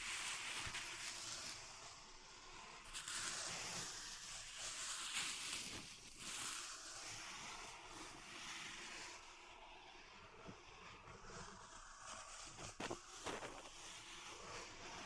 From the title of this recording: Pink Salt Zen Garden Triggers